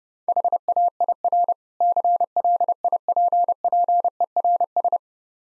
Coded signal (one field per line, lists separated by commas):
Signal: Morse code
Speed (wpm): 30 wpm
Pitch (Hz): 700 Hz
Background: none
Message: HAIR CLIPPERS